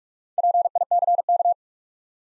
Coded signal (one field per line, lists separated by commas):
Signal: Morse code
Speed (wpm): 44 wpm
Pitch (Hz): 700 Hz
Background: none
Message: PICK